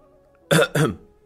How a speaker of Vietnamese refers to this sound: Từ Đường Nhân nhìn thấy chỉ ho khan một tiếng